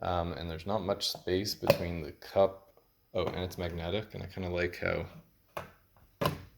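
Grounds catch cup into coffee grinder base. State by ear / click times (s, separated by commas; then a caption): seated / 6.3 s. Someone talks as a plastic grounds catch cup with a soft rubbery gasket is slid under the chute of a Fellow ODE Gen 1 coffee grinder fitted with 64mm SSP MP burrs. A magnet pulls the cup into position. After a couple of soft knocks, a sharp hit at 6.3 s marks the cup settling into place.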